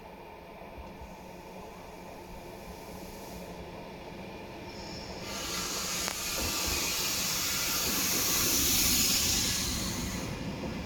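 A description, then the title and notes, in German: A REX regional train on its run to Wien FJB approaches at Großweikersdorf, starting as a low steady rumble. Around five seconds a bright hissing rush sweeps in, with a sharp clack near six seconds. The noise swells to a peak near nine seconds, then eases slightly. REX von Siegmundsherberg nach Wien FJB in Großweikersdorf.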